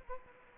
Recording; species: mosquito wingbeat signal from an infrared sensor; Anopheles gambiae